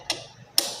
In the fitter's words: Oke, ini sudah terkunci.